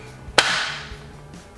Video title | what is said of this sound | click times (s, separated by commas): 1992 Mazda Miata - Episode 3: No More Oil Leaks and Fresh Spark | the happiest moment when it clicks right in | 0.4 s